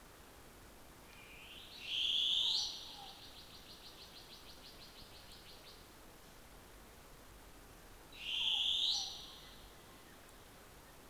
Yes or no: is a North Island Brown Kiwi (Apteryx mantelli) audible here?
no